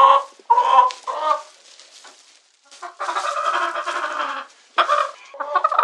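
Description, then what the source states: Chicken calls: short sharp squawks, a quieter stretch, then a sustained harsh cackle followed by more abrupt squawks. Domestic chicken.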